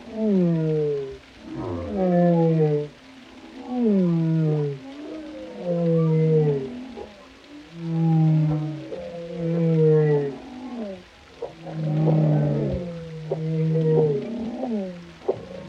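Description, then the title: Whale song with a steady rhythm: each unit is a low hum plus a descending harmonic moan, repeating regularly. Whale vocalizations including moans, resonant calls and songs, for relaxation. "Soothing Symphony of the Deep: Captivating Whale Sounds for Relaxation"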